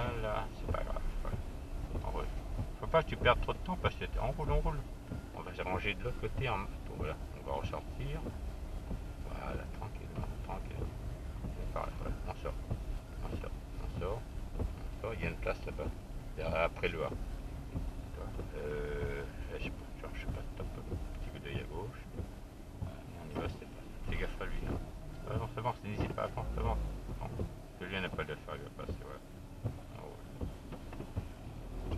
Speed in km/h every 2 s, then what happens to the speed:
8, 7, 7, 8, 9, 8, 8, 7, 7, 8, 4, 3, 1, 0, 0, 1.
0-17 steady at about 8. 17-24 slows to 1. 24-30 standing.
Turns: none.